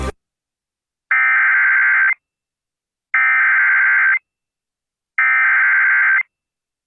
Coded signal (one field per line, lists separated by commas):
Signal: Emergency Alert System (SAME) tones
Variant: header bursts